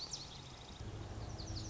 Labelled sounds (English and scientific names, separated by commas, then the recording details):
Lazuli Bunting (Passerina amoena)
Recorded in Sonoma County, California